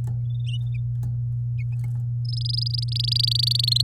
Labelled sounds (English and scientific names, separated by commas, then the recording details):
Domestic Canary (Serinus canaria) song
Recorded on 9 May 2018 at 11:22
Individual llb16